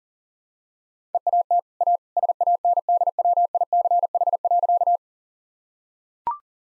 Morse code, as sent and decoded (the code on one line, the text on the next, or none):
. .- - / .- / ... .- -. -.. .-- .. -.-. .... .-.-.-
EAT A SANDWICH.